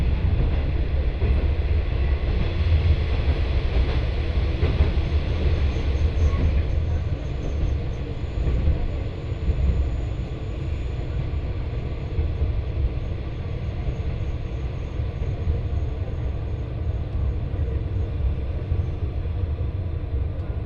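A train on the Etsumi-Hoku Line rumbles steadily along, a dense low roar with rattling wheels, rising slightly louder in the first seven seconds.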